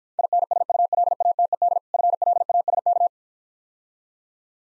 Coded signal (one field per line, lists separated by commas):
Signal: Morse code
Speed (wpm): 53 wpm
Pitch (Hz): 700 Hz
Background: none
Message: INSULATED FLASK